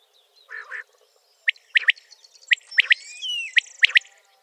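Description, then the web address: Common quail giving sharp three-note calls, a quick 'wet-my-lips' pattern repeated about once a second, with a low buzzy note early and other birds whistling behind. "rdewys. Kwartel"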